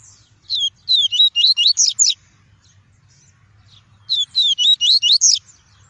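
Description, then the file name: Double-collared seedeater singing two bursts of rapid, looping whistled notes, six or seven per phrase, separated by a pause of about two seconds. "tui-tui" song variety. "canto do papa capim tui tui"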